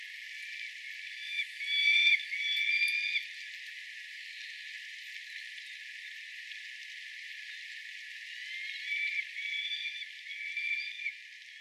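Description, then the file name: Peregrine falcon calls in two bursts, a short string of harmonic notes early on and another series near the end, separated by a quiet stretch of hiss. Calls recorded at Date on 19 May 2013. "hayabusa date"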